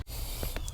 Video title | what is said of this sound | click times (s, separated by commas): Mylink Radio Retro Fitted In 2010-11 Camaro SS! | I pushed the uh locking tab back in place. It snapped in. | 0.6 s, 0.7 s